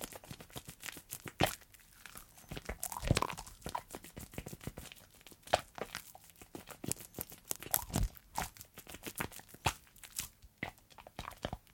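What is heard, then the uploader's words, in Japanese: Hands rubbing through soapy foam. A dense, irregular crackle of squishing and popping bubbles runs throughout, with louder wet smacks near three and eight seconds. 癒される泡の音…手をこするハンドサウンド/手洗い Hand Washing【ASMR】。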